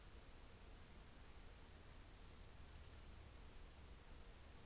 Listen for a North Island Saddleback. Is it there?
no